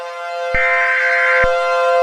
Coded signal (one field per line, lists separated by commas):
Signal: Emergency Alert System (SAME) tones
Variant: header bursts